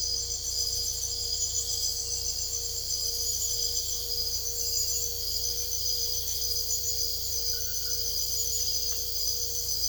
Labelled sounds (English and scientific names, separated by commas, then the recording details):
none
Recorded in secondary vegetation near Puerto Asís, Putumayo, Colombia, on 22 December 2024 at 01:00
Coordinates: 0.488, -76.319
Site GP04